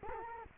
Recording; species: mosquito wingbeat signal from an infrared sensor; Culex quinquefasciatus